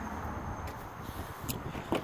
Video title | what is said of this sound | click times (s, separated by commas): New Carado a461 demonstration video | just give it a push locks into place | 1.5 s